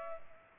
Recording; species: mosquito wingbeat signal from an infrared sensor; Culex pipiens